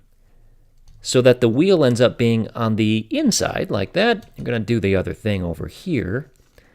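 Someone talks while handling the rear leg and wheel joint of a small plastic Transformers Robots in Disguise Legion Class Springload toy robot during transformation, with the leg being twisted inward so the wheel ends up on the inside. Faint brief handling ticks come near 0.8 s, 0.9 s and 6.6 s. Nothing has seated or clicked into place yet.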